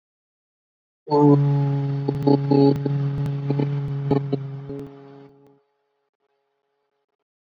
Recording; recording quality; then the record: sustained vowel as in boot; excellent, no background noise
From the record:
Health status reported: exposed to COVID-19, no respiratory illness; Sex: male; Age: 24 years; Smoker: no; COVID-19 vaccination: both doses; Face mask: worn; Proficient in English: yes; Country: India